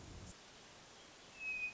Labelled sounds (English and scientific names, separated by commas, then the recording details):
Hermit Thrush (Catharus guttatus)
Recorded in Sonoma County, California